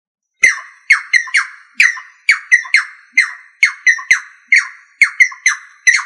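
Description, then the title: Rail giving rasping, falling notes, mostly in groups of two or three, repeated in a rapid series throughout. "Familia Rallidae"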